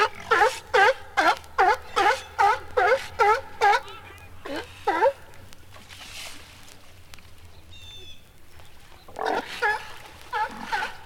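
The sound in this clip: Sea lion barks: a fast regular run of about ten, two more after a short break, then another burst of barks after several quiet seconds, over a steady low rumble.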